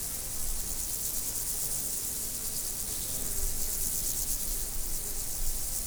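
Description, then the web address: Insects buzzing in a dense, steady high-pitched chorus that shimmers without pause, over a low rumble of background noise. Insects in nature, 2014. "allathangok termeszetben rovarok 2014"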